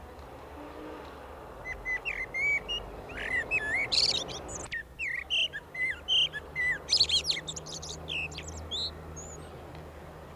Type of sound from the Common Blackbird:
song